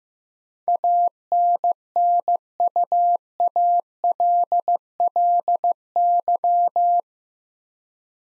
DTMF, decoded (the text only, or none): none